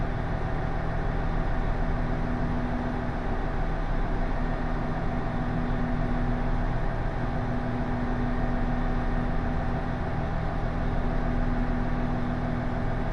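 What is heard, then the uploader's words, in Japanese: A local train on the Takayama Main Line runs between Jōro and Shimo-Aburai. The ride is a steady, dense rumble with a low droning hum and a faint whining tone that holds throughout, never rising or falling, with no separate events standing out. 高山本線普通 上呂→下油井。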